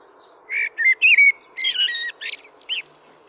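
Common blackbird singing a warbled phrase of several fluty whistles, ending in higher squeaky chatter.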